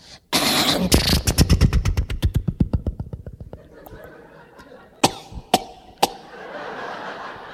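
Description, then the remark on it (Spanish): A voice mimics a coughing, sputtering engine with a burst of rapid, rhythmic pops that slow and fade, followed by a few sharp, spaced bursts like backfires. “¿Usted ha ido a toser a los motores, señora?”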